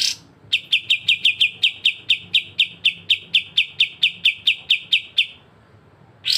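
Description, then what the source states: Streaked spiderhunter song: a long, steady train of sharp high chipping notes, with brief harsher notes at the very start and end. Bird recorded singing in full, clear, long bouts (gacor); intended as a training recording (masteran) for birds.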